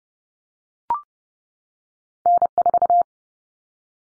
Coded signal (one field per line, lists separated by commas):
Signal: Morse code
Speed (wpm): 30 wpm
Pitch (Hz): 700 Hz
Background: none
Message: N4